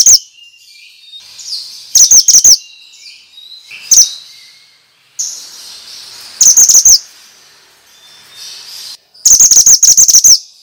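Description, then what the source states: Bird chirping in short bursts of rapid, very high tweets, several notes packed together, returning every two seconds or so over a quiet hiss. Used as a lure for stressed birds; described as 'mantenan' sound.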